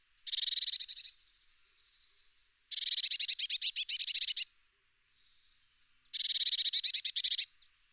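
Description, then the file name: Eurasian blue tit song: three fast, buzzy trills, each about a second or longer, separated by pauses with soft, high twittering in between. "pimpelmees"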